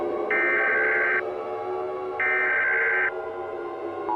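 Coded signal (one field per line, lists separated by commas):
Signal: Emergency Alert System (SAME) tones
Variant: header bursts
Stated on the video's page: Fictional EAS scenario made for entertainment, not a real alert.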